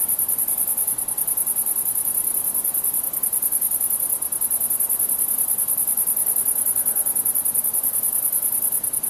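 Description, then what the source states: Insects chirping in a dense, shrill high-pitched chorus, a steady rapid pulsing trill running throughout with faint soft hiss beneath. Insects chirping at night.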